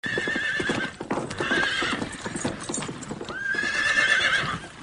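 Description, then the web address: Horse hoofbeats clop irregularly throughout, with a harmonic, whinny-like call rising near the end. Horse being ridden. "monter a cheval"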